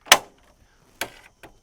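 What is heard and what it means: An annexe awning clamp bracket on a camper trailer is locked onto the rail, pinching the vinyl. Two loud, sharp clacks are heard at 0.1 and 1.0 seconds, followed by a fainter click near 1.4 seconds. The bracket is seated and locked in.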